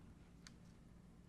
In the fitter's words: pops into place and you see how that is